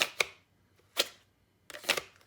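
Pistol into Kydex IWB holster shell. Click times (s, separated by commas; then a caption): 0.2 s. A pistol is pushed into a Kydex appendix IWB holster shell and snaps home against the retention with a sharp click at 0.2 s, leaving the gun seated and secure. Other brief sharp clicks and rattles follow at about 1.0 s and 1.9 s.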